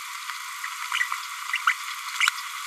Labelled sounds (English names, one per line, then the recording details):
Green-rumped Parrotlet babbling
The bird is a female
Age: 28 days
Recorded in a nest box in Venezuela
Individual 17B102A5